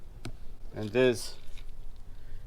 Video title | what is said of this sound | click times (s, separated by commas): Jeep JL 2018 trailer 7 pin wiring harness and brake control install. | from the driver's side you just hear that click now pop right out you can remove the door and this | 0.2 s